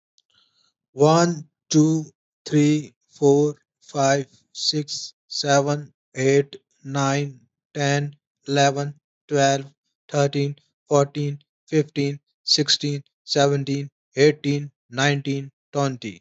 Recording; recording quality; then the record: counting at a normal pace; excellent, no background noise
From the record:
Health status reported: healthy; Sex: male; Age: 35 years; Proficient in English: yes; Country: India